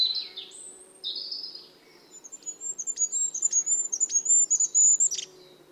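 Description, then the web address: Bird song opening with slurred high whistles, then a rapid series of thin high notes and sharp clicks. "cianscape. Deverinetal 2025. Bird Only"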